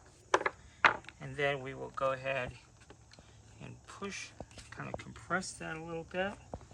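A 6 mm LED neon flex diffuser is compressed slightly and pushed into a 7 mm mounting channel while someone talks, with a few short, sharp handling knocks near the start at about 0.3, 0.5 and 0.9 s. Nothing has seated or clicked into place yet by the end of the clip.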